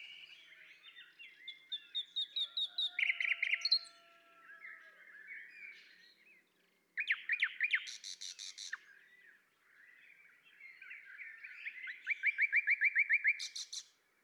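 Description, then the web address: Common nightingale song: a series of repeated notes growing louder, high buzzy trills, and a long run of rapid chirps building to a loud close. "pub SETE data Luscinia megarhynchos"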